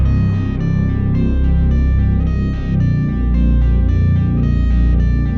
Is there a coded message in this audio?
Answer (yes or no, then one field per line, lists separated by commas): no